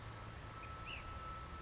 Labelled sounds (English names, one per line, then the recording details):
Ash-throated Flycatcher
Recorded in Sonoma County, California